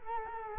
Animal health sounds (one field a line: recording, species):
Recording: mosquito wingbeat signal from an infrared sensor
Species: Culex quinquefasciatus